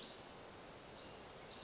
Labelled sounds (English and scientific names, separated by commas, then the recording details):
Pacific Wren (Troglodytes pacificus)
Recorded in Sonoma County, California